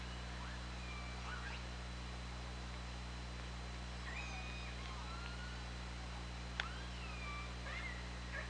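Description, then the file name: Killer whale calls: several drawn-out tonal notes, some rising and some falling, with one sharp click partway through, all over constant hiss and low electrical hum. Recorded on an OrcaLab hydrophone on 24 August 2017. "Orca Lab UTLN 20170824 202739"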